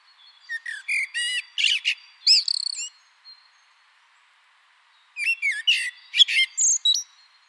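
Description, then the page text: Common blackbird song phrases of high twittering and squeaky notes, a clear silent gap of about two seconds, then another similar phrase. Recorded in spring. "Musträstas"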